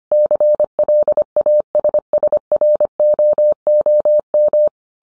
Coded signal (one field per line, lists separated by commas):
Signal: Morse code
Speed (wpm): 25 wpm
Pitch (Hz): 600 Hz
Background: none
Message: CLASSROOM